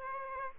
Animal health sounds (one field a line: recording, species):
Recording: mosquito wingbeat signal from an infrared sensor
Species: Aedes aegypti